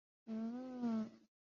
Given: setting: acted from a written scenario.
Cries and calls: vocal sound without words; interest

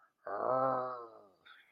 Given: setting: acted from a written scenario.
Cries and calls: vocal sound without words; contempt

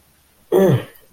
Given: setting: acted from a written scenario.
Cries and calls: vocal sound without words; fear

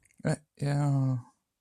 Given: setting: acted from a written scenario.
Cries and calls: vocal sound without words; sympathy

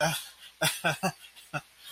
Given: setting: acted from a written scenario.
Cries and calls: vocal sound without words; embarrassment

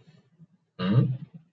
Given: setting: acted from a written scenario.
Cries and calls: vocal sound without words; confusion

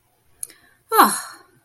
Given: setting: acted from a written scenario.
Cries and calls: vocal sound without words; relief

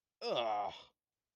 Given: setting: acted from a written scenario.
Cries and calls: vocal sound without words; disgust

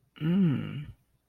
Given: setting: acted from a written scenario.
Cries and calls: vocal sound without words; desire

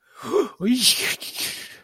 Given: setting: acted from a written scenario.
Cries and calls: vocal sound without words; disgust

